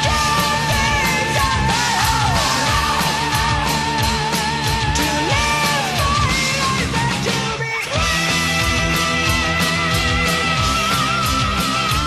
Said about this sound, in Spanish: No para de gritar, mira.